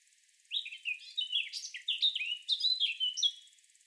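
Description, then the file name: Eurasian blackcap song, a lively jumbled warble of quick chirps and slurred notes, some rising sharply, lasting roughly three seconds. "Sylvia atricapilla"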